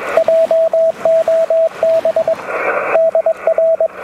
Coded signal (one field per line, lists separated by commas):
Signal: Morse code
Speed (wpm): 21 wpm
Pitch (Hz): 650 Hz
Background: radio noise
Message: JOB DR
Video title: This far: Pedestrian mobile CW DX